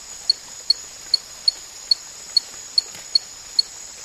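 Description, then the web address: Spot-legged poison frog calling: short high chirps repeated steadily about twice a second, over a constant high hiss. Recorded in the Ecuadorian Amazon, South America. "Science Biology Natures Songs S America Frogs of Ecuadorian Amazon Epipedobates pictus"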